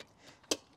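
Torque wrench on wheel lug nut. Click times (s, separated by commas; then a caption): 0.5 s. A torque wrench moved to another wheel lug nut clicks at its 90 lb-ft setting at 0.5 s, a sharp, bright click against a quiet background. The nut is confirmed to already be at the correct torque.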